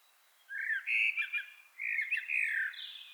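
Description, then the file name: Common blackbird singing two mellow, fluty warbled phrases in quick succession, rich and slurred, with a short gap between them and a quiet background. "Turdus merula"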